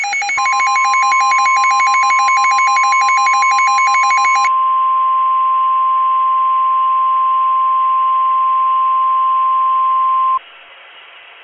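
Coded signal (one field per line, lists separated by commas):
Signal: Emergency Alert System (SAME) tones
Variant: 1050 Hz attention tone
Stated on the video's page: Fictional EAS scenario said to contain valid EAS tones.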